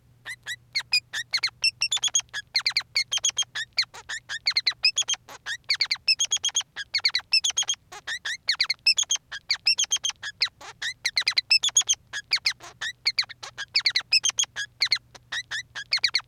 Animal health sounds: song of a male Bengalese finch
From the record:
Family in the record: son of father 3

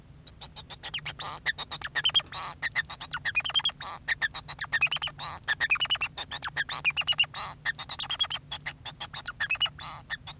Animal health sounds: song of a male Bengalese finch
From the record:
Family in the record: son of father 2

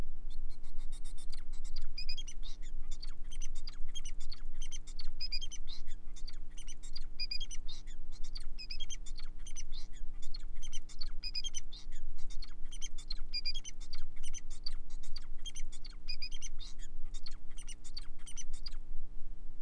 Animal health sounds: song of a male Bengalese finch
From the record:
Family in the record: son of father 4

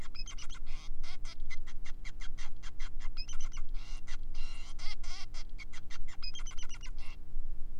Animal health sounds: song of a male Bengalese finch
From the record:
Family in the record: son of father 5

